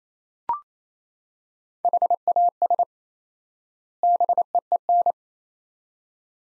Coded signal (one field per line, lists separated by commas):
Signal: Morse code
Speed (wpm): 28 wpm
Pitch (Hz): 700 Hz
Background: none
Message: HAS BEEN